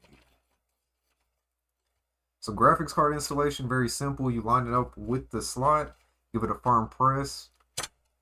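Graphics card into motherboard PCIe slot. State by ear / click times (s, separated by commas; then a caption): seated / 7.8 s. A graphics card is lined up with a motherboard PCIe slot and given a firm press while someone talks. At 7.8 s the slot's retention latch gives a short, solid click, and the card is seated.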